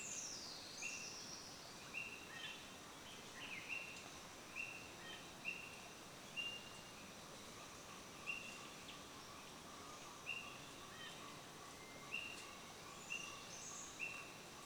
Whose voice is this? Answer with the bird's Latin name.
Hylopsar purpureiceps